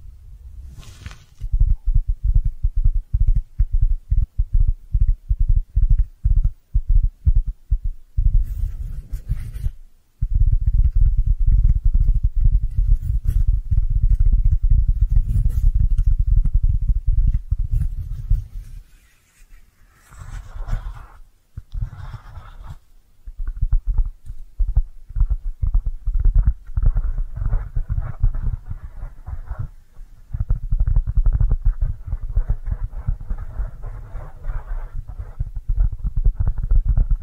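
Brushing with squishy triggers, heavy on deep, muffled thumping strokes that come rapidly and almost continuously. The sound drops out briefly around 10 seconds and again near 20, after which the strokes gain a soft, crackly upper texture that carries through to the end.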